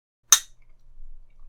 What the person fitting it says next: and a nice satisfying snap back to position